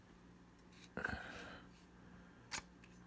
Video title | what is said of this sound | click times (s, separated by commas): Walmart Clearance Hart 10" Folding Pruning Saw | well there it is and it locks in place there | 1.1 s